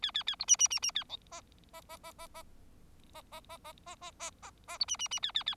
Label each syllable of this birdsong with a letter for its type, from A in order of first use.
A A A B C C C C A D E E E E E E E E E E B C C C A A A